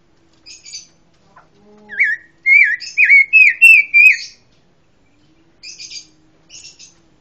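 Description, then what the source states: Pancawarna: songbird giving a few soft chirps, then a loud series of about six looping whistled notes, followed by quieter buzzy chirps. Song described as having strong tembakan (rapid bursts).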